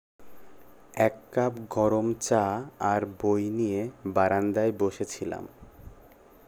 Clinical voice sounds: elicited speech; Bengali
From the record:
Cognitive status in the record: cognitively healthy

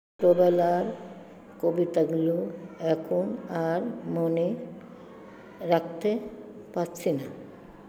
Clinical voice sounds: elicited speech; Bengali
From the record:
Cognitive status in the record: dementia

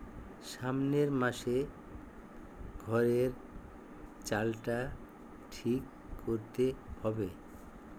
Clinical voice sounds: elicited speech; Bengali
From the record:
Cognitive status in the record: dementia

